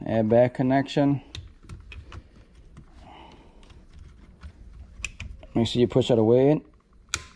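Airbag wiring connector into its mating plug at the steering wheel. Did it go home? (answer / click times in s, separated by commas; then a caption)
yes / 7.1 s. On a 2005 Toyota MR2 Spyder undergoing a cruise control repair, the airbag wiring connector is pushed into its mating plug behind the steering wheel while someone talks. A few faint clicks and handling sounds come before a sharp click at 7.1 s, when the connector seats. It is checked and found tight.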